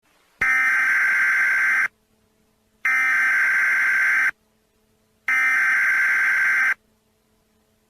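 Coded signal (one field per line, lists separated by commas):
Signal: Emergency Alert System (SAME) tones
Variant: header bursts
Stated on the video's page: Simulated EAS scenario.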